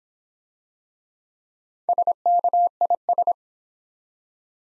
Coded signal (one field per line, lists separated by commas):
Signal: Morse code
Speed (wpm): 26 wpm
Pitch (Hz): 700 Hz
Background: none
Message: SKIS